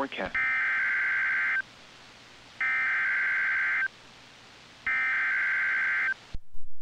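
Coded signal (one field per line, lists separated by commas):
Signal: Emergency Alert System (SAME) tones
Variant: header bursts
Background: speech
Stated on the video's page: Severe thunderstorm and high wind warnings on NOAA Weather Radio, with radar displays.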